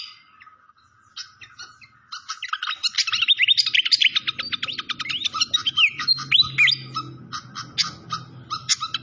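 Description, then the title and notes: Malaysian pied fantail song: after a quiet start, a rapid, dense run of high squeaky chirps and swooping whistles, with a faint low rumble beneath. Training (masteran) song with a clear voice, mixed with the sound of gurgling water. "Masteran Sikatan Kipas Suara Jernih Dan Suara Gemericik Air. Suara Burung Sikatan Londo"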